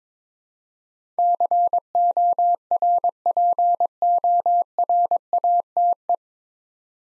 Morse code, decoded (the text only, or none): CORPORATE